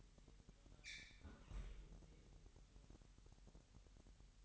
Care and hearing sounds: daily activity, microphone in the room; close fridge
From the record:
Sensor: 3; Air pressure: 1001.9 hPa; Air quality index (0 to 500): 238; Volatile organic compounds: 43 ppm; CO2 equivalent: 3202 ppm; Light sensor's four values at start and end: 12/37/16/13 and 12/37/16/13

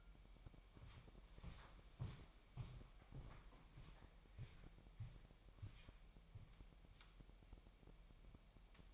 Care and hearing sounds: daily activity, microphone in the room; walk to room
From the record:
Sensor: 1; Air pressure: 1002.0 hPa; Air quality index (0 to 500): 247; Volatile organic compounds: 52 ppm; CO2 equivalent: 3318 ppm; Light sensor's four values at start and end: 6/15/6/7 and 7/16/6/7

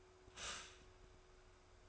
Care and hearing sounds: daily activity, microphone in the room; stop toaster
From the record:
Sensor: 2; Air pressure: 1014.6 hPa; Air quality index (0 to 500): 199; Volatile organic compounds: 21 ppm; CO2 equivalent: 2723 ppm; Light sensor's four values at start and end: 3/9/3/3 and 3/9/3/3

